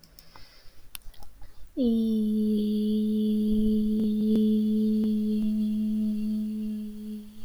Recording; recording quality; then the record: sustained vowel as in beet; excellent, no background noise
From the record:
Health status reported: healthy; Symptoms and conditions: none ticked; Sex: female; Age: 25 years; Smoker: not ticked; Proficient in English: yes